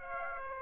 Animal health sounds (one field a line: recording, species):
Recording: mosquito wingbeat signal from an infrared sensor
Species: Aedes aegypti